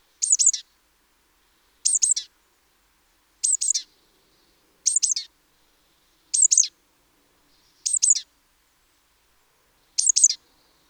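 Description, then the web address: Great tit calling: seven bright, high-pitched doubled chips, each pair repeated roughly every one and a half seconds in a steady series. "SETE Parus major"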